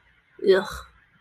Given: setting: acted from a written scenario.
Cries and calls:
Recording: vocal sound without words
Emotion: disgust

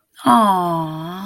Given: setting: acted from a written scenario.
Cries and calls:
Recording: vocal sound without words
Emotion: adoration

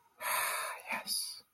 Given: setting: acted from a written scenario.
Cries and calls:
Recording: vocal sound without words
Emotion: serenity

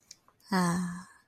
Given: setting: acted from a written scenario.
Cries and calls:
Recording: vocal sound without words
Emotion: romantic love

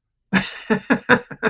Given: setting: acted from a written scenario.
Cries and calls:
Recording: vocal sound without words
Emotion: amusement

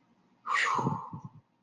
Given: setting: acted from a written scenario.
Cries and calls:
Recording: vocal sound without words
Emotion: relief

